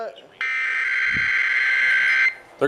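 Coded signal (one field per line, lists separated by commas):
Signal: Emergency Alert System (SAME) tones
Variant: header bursts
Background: speech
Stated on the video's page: Real EAS alerts received over a month, mostly tests.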